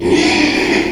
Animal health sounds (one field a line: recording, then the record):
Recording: squeal of a Yucatan mini pig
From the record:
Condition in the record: after surgery on the right vocal fold (resection and tissue-engineered implant)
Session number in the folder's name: 2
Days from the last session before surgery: 13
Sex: male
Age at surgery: 12 weeks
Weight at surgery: 13 kg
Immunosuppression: cyclosporine, prednisolone